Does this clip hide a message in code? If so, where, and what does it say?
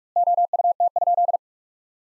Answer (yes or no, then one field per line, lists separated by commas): yes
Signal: Morse code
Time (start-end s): 0.2-1.4 s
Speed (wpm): 41 wpm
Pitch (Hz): 700 Hz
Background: none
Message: OUT?